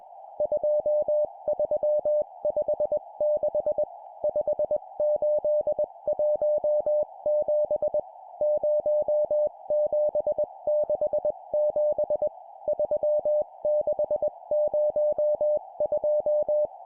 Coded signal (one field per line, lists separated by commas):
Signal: Morse code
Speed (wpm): 20 wpm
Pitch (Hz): 600 Hz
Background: none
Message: 2356 5817 0767 3602